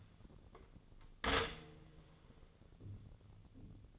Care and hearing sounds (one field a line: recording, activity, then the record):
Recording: daily activity, microphone in the room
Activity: stop toaster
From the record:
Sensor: 4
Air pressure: 1001.0 hPa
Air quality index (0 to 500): 163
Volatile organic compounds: 2 ppm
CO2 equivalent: 1185 ppm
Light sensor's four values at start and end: 16/36/15/17 and 16/36/15/17